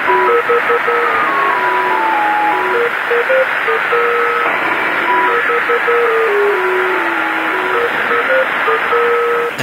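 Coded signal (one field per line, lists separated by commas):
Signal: numbers station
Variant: Lincolnshire Poacher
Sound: electronic folk tune in two voices repeating under heavy hiss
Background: radio static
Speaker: one known as the lincolnshire poacher and believed to be run by the british out of cyprus broadcast nothing but strings of numbers and this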